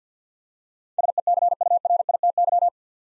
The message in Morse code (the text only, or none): SECURITY